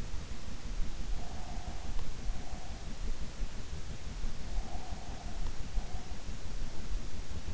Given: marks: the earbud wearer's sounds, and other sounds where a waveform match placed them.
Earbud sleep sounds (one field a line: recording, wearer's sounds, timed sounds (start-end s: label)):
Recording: sounds in sleep by an in-ear microphone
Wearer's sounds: breath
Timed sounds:
1.18-2.86 s: breath
4.41-6.41 s: breath